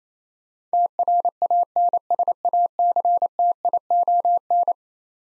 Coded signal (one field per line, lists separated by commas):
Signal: Morse code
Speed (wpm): 27 wpm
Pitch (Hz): 700 Hz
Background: none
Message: TRANSACTION